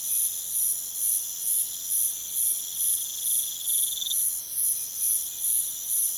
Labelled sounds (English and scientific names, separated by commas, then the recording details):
none
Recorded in pastures near Puerto Asís, Putumayo, Colombia, on 23 June 2025 at 03:30
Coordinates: 0.486, -76.323
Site H29